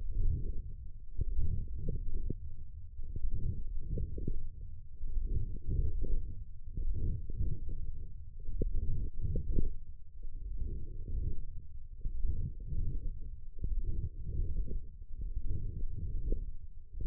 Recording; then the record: forearm muscle sounds (acoustic myography)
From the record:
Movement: wrist extension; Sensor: system 1, eight BSWA MPA416 microphones around the upper forearm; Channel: 6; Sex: female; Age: 20 years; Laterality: right